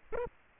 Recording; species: mosquito wingbeat signal from an infrared sensor; Aedes aegypti